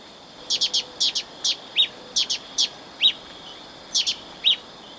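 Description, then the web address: Olive-chested flycatcher delivering quick clusters of thin, high chips in twos and threes, with occasional single clearer notes, against a continuous insect hum. Recorded in Ecuador. "S America Birds of Ecuador. Olive-Chested Flycatcher"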